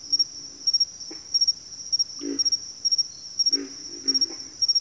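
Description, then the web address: Pig frog: a few deep, rasping pig frog grunts, single and paired, separated by short gaps, over a sustained high insect whine. Several pig frogs in a bayou. "The Natural Sounds of the Wilderness. Echoes of Nature - Bayou. Pig Frogs"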